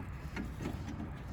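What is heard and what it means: A loose electrical connector, found inside the door panel of a Jeep Grand Cherokee whose door handle won't open the door, is plugged back onto the door lock actuator. A short, sharp click is heard at 0.4 s over a low background hum, followed by a few softer faint taps. The connector clicks in and is now seated and secured.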